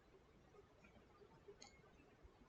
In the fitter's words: and you're gonna see a snap in place you see that snapped in place now i'm gonna release it again